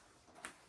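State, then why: Partly seated. A modular case panel piece for a DF 120 Moducase is pressed into its frame channel, and a short, bright tick is heard at 0.5 s. The piece is still not fully seated in the channel, probably at the bottom, so the fit is only partial.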